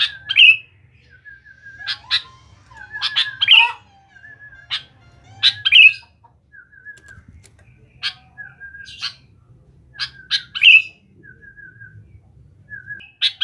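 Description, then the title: Sooty-headed bulbul song: sharp clicky bursts and bubbly rising-falling notes, with short level whistles in between, repeating in irregular phrases; a faint low hum underneath. "Kutilang"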